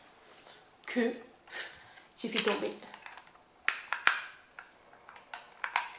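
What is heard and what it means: Someone talks while refitting a dropped plastic cover onto a small electric beauty device, possibly a callus remover. Several sharp plastic clicks sound around 3.7, 3.9, 4.1, 5.6 and 5.8 seconds as the cover is handled, but nothing has seated yet by the end.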